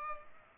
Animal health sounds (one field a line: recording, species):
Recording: mosquito wingbeat signal from an infrared sensor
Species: Culex pipiens